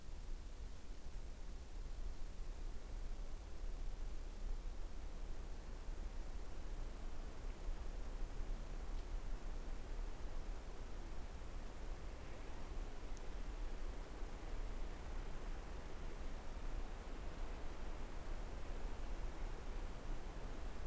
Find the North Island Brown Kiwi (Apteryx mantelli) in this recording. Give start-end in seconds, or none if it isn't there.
none